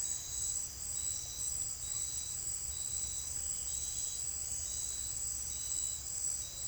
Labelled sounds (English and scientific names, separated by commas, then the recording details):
none
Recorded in secondary vegetation near Puerto Asís, Putumayo, Colombia, on 25 June 2025 at 17:30
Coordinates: 0.500, -76.326
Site GP08